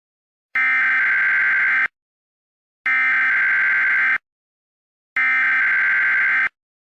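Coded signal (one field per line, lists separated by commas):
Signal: Emergency Alert System (SAME) tones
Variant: header bursts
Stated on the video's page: Prank nuclear bomb EAS alert, stated to contain valid EAS tones.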